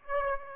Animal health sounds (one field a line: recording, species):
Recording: mosquito wingbeat signal from an infrared sensor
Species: Aedes aegypti